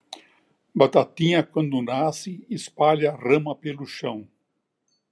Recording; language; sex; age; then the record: short text; Brazilian Portuguese; male; 80 to 89 years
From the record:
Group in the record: control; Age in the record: 81 years